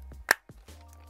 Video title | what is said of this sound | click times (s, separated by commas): Top 3 // Best Paintball Lens Change Systems | back on the strap as you could probably hear clicks right into place | 0.3 s